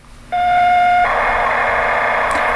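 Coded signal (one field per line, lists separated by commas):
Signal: computer data on cassette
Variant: TRS-80 Color Computer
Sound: a steady buzzy tone for under a second, then harsh continuous screeching data noise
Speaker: And now it's going to make it through the loading of this entire program. This is about a 30-second load.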